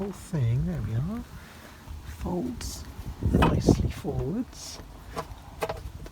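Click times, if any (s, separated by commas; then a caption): 5.6 s. Inside an Austin Metro, someone talks while the rear seat is folded forward and the rear parcel shelf is moved into position on the folded rear seat assembly. A short knock at 5.6 s is the parcel shelf locking into place.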